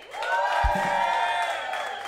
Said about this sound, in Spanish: ¡Un fuerte aplauso